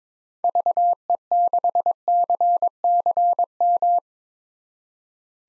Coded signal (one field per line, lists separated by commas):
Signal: Morse code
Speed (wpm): 22 wpm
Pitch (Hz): 700 Hz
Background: none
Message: VE6CCM